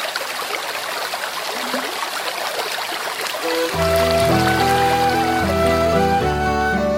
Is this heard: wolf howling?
no